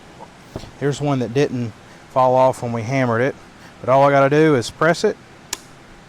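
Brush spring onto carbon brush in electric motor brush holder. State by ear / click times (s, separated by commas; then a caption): seated / 5.5 s. A metal brush spring is pressed down on a golf cart electric motor brush holder until it snaps over the carbon brush. Someone talks through most of the clip, then a sharp, short click at 5.5 s marks the spring snapping into place, seated.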